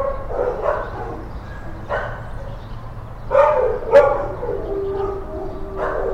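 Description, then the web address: Dogs barking, several sharp barks and yelps at uneven intervals, two louder barks midway, over a constant low background hum. Kennel ambience with dogs, in stereo. "Foundation 1 AMBIENCE DOG KENNELS"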